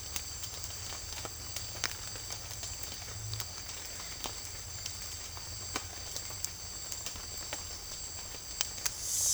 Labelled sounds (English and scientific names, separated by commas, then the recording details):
none
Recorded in secondary vegetation near Puerto Asís, Putumayo, Colombia, on 28 February 2025 at 18:00
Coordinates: 0.500, -76.326
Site GP04